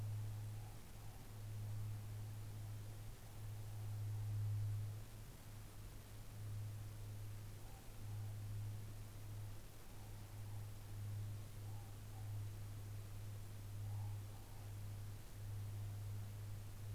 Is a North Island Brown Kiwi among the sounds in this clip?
no